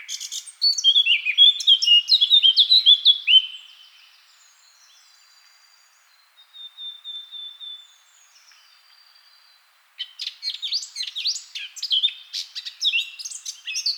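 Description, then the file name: Eurasian blackcap song: a loud rapid warble for about three seconds, a quiet spell with faint thin notes, then another burst of scratchy, varied song. "Sylvia atricapilla"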